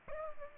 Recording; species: mosquito wingbeat signal from an infrared sensor; Culex pipiens